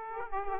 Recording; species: mosquito wingbeat signal from an infrared sensor; Aedes aegypti